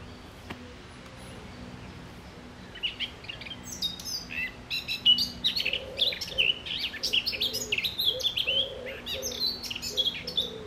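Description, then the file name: Eurasian blackcap song: after a quiet opening with low hum, a lively jumble of quick warbles and whistles begins, joined by soft low repeated pulses. "Sylvia atricapilla"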